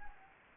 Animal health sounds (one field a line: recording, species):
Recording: mosquito wingbeat signal from an infrared sensor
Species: Anopheles gambiae